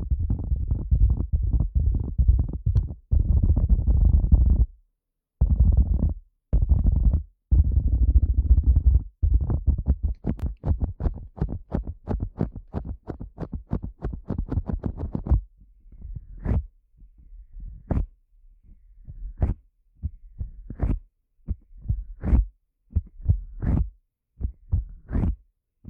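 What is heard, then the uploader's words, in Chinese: A feather stick brushes and rubs inside an ear as a dense low rustling and thumping for the first fifteen seconds, broken by brief silent gaps. After that it turns into separate soft scratchy strokes, roughly one every second or so. 膝枕｜鹅毛棒掏耳朵。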